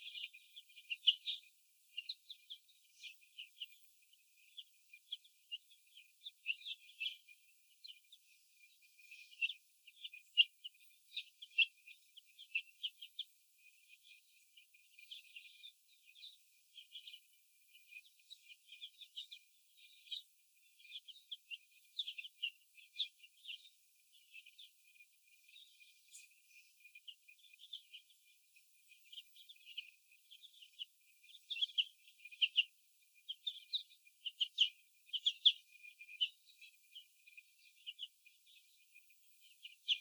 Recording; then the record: young laying hens in a cage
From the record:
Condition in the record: before the stressor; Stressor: sudden umbrella opening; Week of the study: 2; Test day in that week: 1